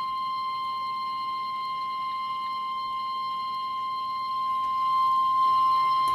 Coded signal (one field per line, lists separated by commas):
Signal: Emergency Alert System (SAME) tones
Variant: 1050 Hz attention tone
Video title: NOAA Weather Radio: Severe Thunderstorm Warnings (EAS #92-93)